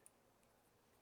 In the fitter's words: trigger guard, and I'm just going to press up just like that, and it kind of clicks into place.